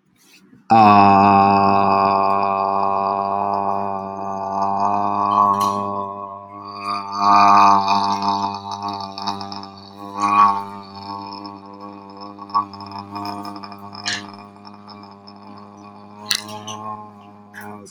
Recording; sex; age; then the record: vowel held as long as possible; male; 30 to 39 years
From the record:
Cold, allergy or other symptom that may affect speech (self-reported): no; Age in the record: 36 years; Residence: New York, United States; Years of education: 18